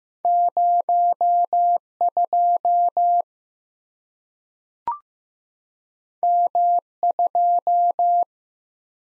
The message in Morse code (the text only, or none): 02 M2